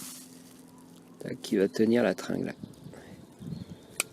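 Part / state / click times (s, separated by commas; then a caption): plastic retaining clip onto an exterior door handle linkage rod / seated / 4.0 s. A small plastic retaining clip is pushed onto the linkage rod of a Citroën Saxo exterior door handle to hold the rod in place. Someone talks over a low background hum, then a single sharp snap at 4.0 s marks the clip seating home on the rod.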